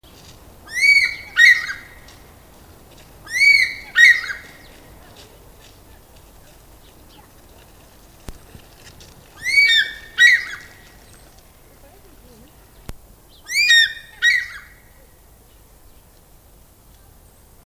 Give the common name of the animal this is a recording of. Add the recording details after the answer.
African Fish-eagle. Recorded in captivity. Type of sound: call. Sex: male. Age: adult. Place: Zoo Berlin, Berlin, DE. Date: 2001-01-05 13:06. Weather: bedeckt, 5°C. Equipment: Nagra SN, Kopie Uher 4000 Report Monitor. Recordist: Tembrock, Günter. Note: Männchen: Rufreihen (kurze)